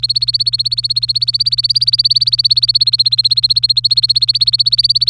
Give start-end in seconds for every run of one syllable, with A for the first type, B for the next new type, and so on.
0.00-5.09 A